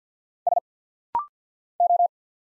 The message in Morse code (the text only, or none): S O